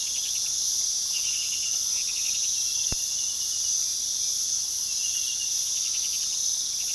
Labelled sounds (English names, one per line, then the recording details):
none
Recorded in pastures near Puerto Asís, Putumayo, Colombia, on 19 February 2024 at 02:00
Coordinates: 0.468, -76.328
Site G6414